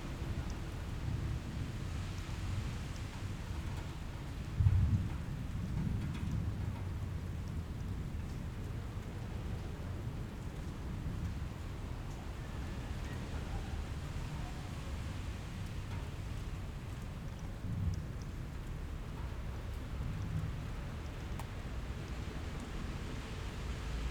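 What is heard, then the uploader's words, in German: Wind moves through maple and birch leaves, heard mostly as a steady, deep, gusty rumble with a faint soft hiss above it. A stronger buffeting push comes around five seconds, and a smaller swell near eighteen seconds. Blätterrauschen – Ahorn und Birke.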